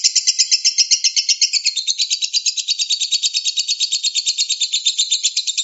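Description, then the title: Lovebird chattering without a break, a fast train of shrill buzzy notes. Konslet-style continuous song. "Lovebird Konslet"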